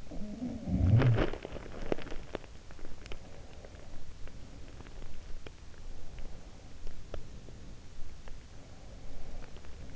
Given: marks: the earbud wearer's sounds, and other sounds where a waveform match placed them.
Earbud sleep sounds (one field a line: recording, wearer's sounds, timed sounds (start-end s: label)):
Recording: sounds in sleep by an in-ear microphone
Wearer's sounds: body movement, teeth grinding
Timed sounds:
0.00-2.58 s: body movement
0.91-2.41 s: teeth grinding
6.82-7.56 s: teeth grinding